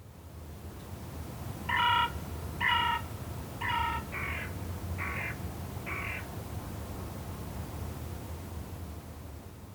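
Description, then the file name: Carrion crow calls: six harsh, hoarse caws, the first three louder and evenly spaced, the last three weaker. "Corvus corone"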